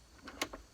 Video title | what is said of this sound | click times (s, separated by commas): How to use the Schlage BE375 in under 2 minutes | 7, 6, 5. I hear a little click. | 0.4 s